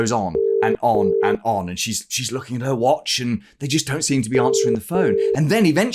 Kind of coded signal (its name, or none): telephone call progress tone